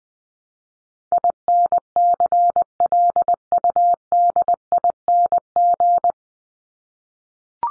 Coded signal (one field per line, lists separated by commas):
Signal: Morse code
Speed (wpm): 20 wpm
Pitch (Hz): 700 Hz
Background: none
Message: INCLUDING